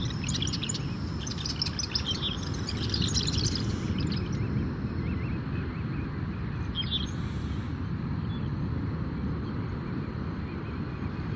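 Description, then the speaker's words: Marsh wren song, bubbly bursts of high notes in the first four seconds, over heavy low noise. Bubbly song; Rockefeller Wildlife Refuge, Louisiana, on a humid, salty morning. "A marsh wren. Listen to that bubbly song."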